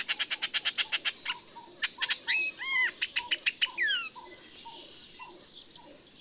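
Birdsong opening with a loud rapid trill, then a mix of rising and falling whistles over soft, lower repeated notes.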